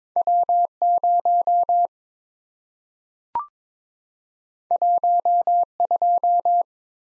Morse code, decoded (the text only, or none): W0 12